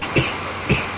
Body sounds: coughing mixed with background sound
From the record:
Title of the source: Dry Afternoon Cough

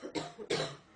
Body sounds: coughing mixed with background sound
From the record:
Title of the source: female coughing - coughing sound effects girl

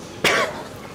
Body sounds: coughing mixed with background sound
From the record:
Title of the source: 31 night wet cough

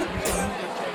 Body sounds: coughing mixed with background sound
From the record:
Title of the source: 34 coughing up crap again

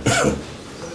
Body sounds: coughing mixed with background sound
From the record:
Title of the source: Spring Cold Coughing.

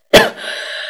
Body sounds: coughing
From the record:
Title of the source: Coughing Woman Sound - Woman Cough Sound Effect

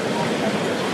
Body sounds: background sound without coughing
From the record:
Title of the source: Office Sounds Ambience - Background Noise for Study and Work

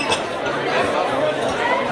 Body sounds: background sound without coughing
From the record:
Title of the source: CITY SOUNDS Busy Bar in the Evening Night - 2 HOURS of Ambiance for Relaxation

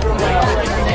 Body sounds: background sound without coughing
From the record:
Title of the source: Nightlife Party Simulating Party Club Noise 1 Hour

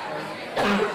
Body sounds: coughing mixed with background sound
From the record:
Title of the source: Barking cough - # 10

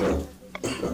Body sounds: coughing mixed with background sound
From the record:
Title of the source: Residual Phlegmy Morning Coughing and Gagging

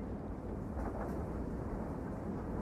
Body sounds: background sound without coughing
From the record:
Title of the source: Train Ride Ambience ambient white noise for sleeping, focus, studying, reading

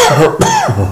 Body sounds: coughing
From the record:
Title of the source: Mid-morning Winter Coughing Fit

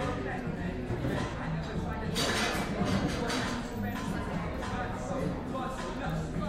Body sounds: background sound without coughing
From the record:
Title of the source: 60 minutes of coffee shop sounds for study and concentration

